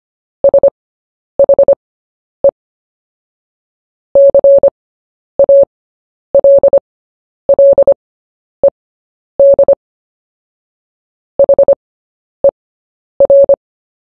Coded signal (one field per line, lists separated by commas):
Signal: Morse code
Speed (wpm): 25 wpm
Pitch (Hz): 560 Hz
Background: none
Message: SHE CALLED HER